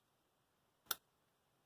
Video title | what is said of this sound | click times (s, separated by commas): Kohler Magnum M18 Complete Service, Part 4: Piston Rings | You hear a nice satisfying snap once it goes into place. | 0.9 s